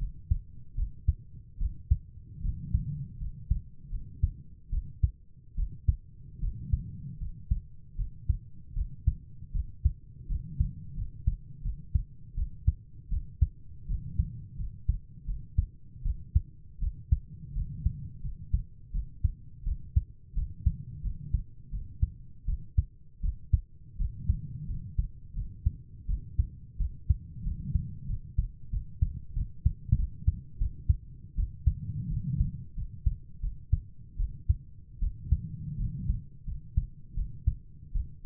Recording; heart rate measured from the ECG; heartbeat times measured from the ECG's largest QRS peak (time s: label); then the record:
heart sounds by stethoscope; 82 bpm
0.76 s: heartbeat
1.59 s: heartbeat
2.42 s: heartbeat
3.19 s: heartbeat
3.91 s: heartbeat
4.71 s: heartbeat
5.56 s: heartbeat
6.41 s: heartbeat
7.19 s: heartbeat
7.97 s: heartbeat
8.74 s: heartbeat
9.53 s: heartbeat
10.28 s: heartbeat
10.96 s: heartbeat
11.63 s: heartbeat
12.35 s: heartbeat
13.10 s: heartbeat
13.87 s: heartbeat
14.57 s: heartbeat
15.26 s: heartbeat
16.03 s: heartbeat
16.80 s: heartbeat
17.54 s: heartbeat
18.22 s: heartbeat
18.92 s: heartbeat
19.64 s: heartbeat
20.35 s: heartbeat
21.03 s: heartbeat
21.71 s: heartbeat
22.46 s: heartbeat
23.22 s: heartbeat
23.98 s: heartbeat
24.68 s: heartbeat
25.35 s: heartbeat
26.07 s: heartbeat
26.78 s: heartbeat
27.44 s: heartbeat
28.08 s: heartbeat
28.71 s: heartbeat
29.34 s: heartbeat
29.97 s: heartbeat
30.59 s: heartbeat
31.36 s: heartbeat
32.09 s: heartbeat
32.76 s: heartbeat
33.41 s: heartbeat
34.18 s: heartbeat
35.00 s: heartbeat
35.78 s: heartbeat
36.46 s: heartbeat
37.15 s: heartbeat
37.93 s: heartbeat
From the record:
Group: healthy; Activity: rest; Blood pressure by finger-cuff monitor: 117/65 mmHg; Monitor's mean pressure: 79 mmHg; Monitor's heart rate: 81 bpm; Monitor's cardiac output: 7.2 L/min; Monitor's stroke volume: 88 mL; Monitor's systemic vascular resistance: 810 dyn s/cm5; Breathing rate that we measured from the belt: 16 breaths a minute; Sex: female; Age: 22 years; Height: 160 cm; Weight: 63 kg